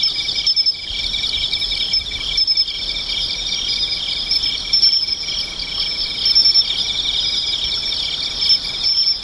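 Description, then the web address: Insects buzzing continuously at high pitch, with a few short, very high notes over the shimmering drone. "cats nishikawa 201110 mushinokoi"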